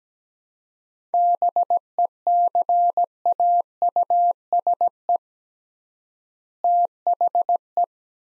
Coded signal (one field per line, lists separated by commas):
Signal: Morse code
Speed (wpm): 17 wpm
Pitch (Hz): 700 Hz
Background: none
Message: BECAUSE THE